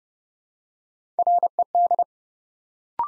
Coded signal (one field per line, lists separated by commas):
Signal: Morse code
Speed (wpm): 30 wpm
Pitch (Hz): 700 Hz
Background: none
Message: RED